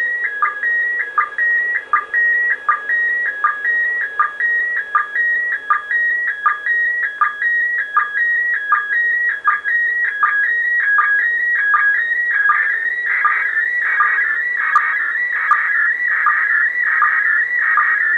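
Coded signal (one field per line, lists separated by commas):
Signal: SSTV (slow-scan television)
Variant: PD180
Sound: warbling, stepping tones with a rhythmic chirp-blip about every three-quarters of a second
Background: radio static, room echo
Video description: Slow Scan TV (SSTV) received in Southern England (West Sussex) from the International Space Station on the evening of 31 January 2015.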